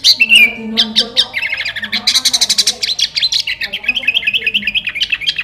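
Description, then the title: Sooty-headed bulbul song: loud chattering phrases of rapid, buzzy repeated notes, with slurred whistles and harsh squawks mixed in, continuous throughout. Fierce-style ('gaya sangar') song, described as a 'thunder voice' ('suara halilintar'). "Kutilang Master Gaya Sangar Suara Halilintar"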